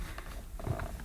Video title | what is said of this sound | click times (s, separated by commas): Hoover Aquajet S4488 Multifunction Vacuum Cleaner Unboxing & Fault Finding | until it clicks there we go that's it | 0.8 s